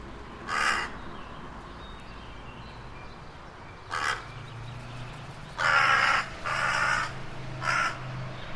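Bird giving harsh, raspy caw-like calls: one, a pause, a second, then three louder rough calls in quick succession near the end.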